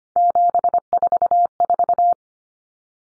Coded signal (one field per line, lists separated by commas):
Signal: Morse code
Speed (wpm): 25 wpm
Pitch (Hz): 700 Hz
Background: none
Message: 744